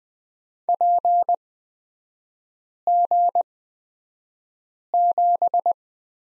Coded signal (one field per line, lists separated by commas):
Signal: Morse code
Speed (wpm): 20 wpm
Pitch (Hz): 700 Hz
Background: none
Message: PG7